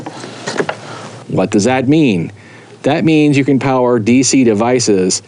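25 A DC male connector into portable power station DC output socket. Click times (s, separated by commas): 0.6 s, 0.7 s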